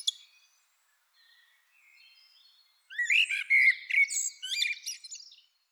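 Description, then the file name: Eurasian blackbird: a few faint thin high notes, then a loud song phrase of warbled whistles and high twittering. "Turdus merula"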